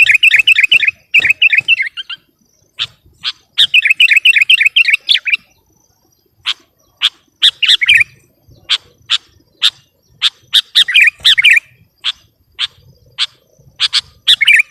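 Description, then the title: Sooty-headed bulbul song: bubbly, warbling bursts of rapid notes alternating with runs of sharp, clicking single notes. "kutilang"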